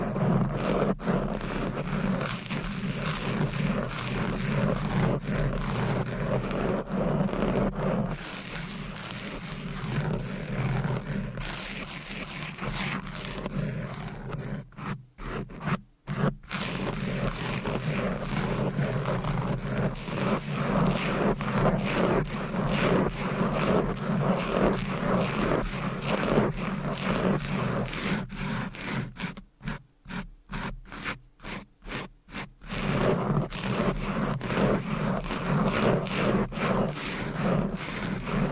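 Fast, aggressive scratching of microphone covers with nails makes a dense, continuous rasping scrape with a strong low rumble underneath. The texture stays busy throughout, broken by brief stuttering gaps around 15 seconds and again near 30 to 32 seconds.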